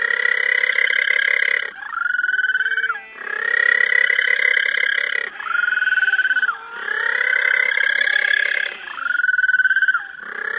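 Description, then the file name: Little penguin braying calls: long pulsed, harmonic-rich brays alternating with shorter gulping notes, rising and falling in several rough waves. Recorded at St Kilda Breakwater on 21 November 2009. "20091121 Little Penguin calls at St Kilda Breakwater"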